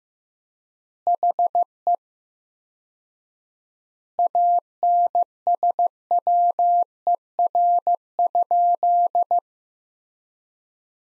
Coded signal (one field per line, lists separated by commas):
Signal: Morse code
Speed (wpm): 15 wpm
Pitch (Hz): 700 Hz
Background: none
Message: HE ANSWER?